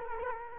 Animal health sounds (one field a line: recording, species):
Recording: mosquito wingbeat signal from an infrared sensor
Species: Culex quinquefasciatus